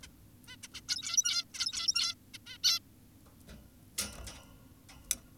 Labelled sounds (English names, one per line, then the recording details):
Zebra Finch
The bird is an adult
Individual g17y2U